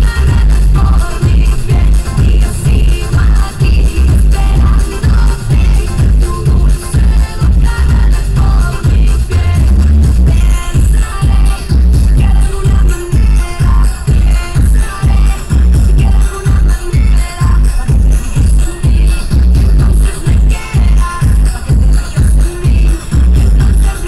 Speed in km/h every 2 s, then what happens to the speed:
61, 58, 52, 52, 56, 58, 58, 55, 55, 58, 55, 60.
0-4 slows to 52. 4-9 speeds up to 58. 9-24 steady at about 58.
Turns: none.